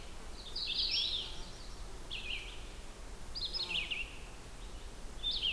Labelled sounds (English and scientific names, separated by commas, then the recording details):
Red-eyed Vireo (Vireo olivaceus) song
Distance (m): 65 m
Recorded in boreal forest in Alberta, Canada, on 16 June 2016 at 08:46
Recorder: SongMeter 3, array SBT-3-32
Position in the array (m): 48 m, 8 m